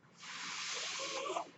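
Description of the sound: A steady, breathy airflow hiss builds over a fraction of a second, holds for about a second, then fades with a brief faint whistle. This is the background noise of a home mechanical ventilator pushing air through its circuit, used by a person who relies on it to breathe.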